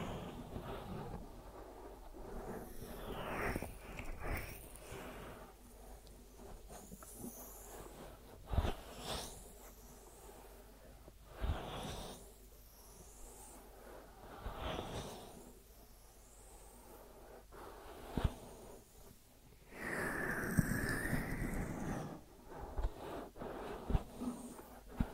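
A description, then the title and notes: Soft rubbing and brushing sounds of an ear massage, with irregular swishes and taps every few seconds over a quiet, low hum. A denser, rougher stretch of friction swells around twenty seconds before easing back to scattered strokes. ASMR Deep Ear Massage for Sleep(No Talking).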